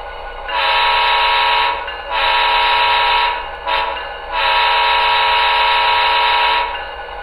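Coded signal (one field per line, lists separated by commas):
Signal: train horn signal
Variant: diesel locomotive horn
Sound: locomotive air horn: two long blasts, one short, then a final long blast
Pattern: 2 long, 1 short, 1 long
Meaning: Grade crossing signal: the train is approaching a public road crossing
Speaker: you blow your f9 grade crossing [Applause] you'll hear the bell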